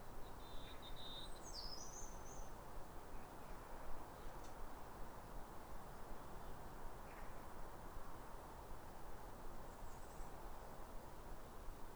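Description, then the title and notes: European robin singing thin, high, wavering phrases with quick pitch jumps near the start, then brief scattered notes, over a steady low rumble of background noise. Pair of robins in neighbouring gardens singing back and forth like a duet at a clear, calm, rosy winter sunrise after weeks of rain, around New Year; recorded by Fergus Collins. "Sound Escape 150: Be uplifted by a chorus of New Year's robins. After weeks of rain, it's a clear, calm rosy sunrise. A pair of robins in neighbouring gardens welcome the early sun with wistful phrases as if chatting over the fence. It's a duet to warm the soul in the depths of winter. Recorded by Fergus Collins"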